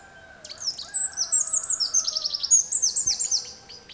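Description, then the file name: Eurasian wren singing a long, fast, very high series of sharp notes and rattling trills, continuing almost without pause for over three seconds, with a faint steady low tone behind. "Troglodytes troglodytes"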